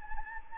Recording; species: mosquito wingbeat signal from an infrared sensor; Anopheles gambiae